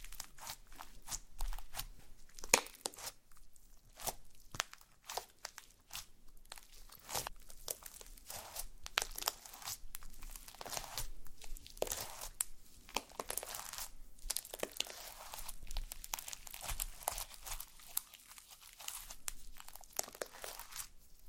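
Slime being squeezed and played with makes a steady run of wet crackling, crinkling snaps and pops throughout. The bursts come densely and irregularly, many sharp and bright, with a few louder clicks near the start and a soft low rumble underneath.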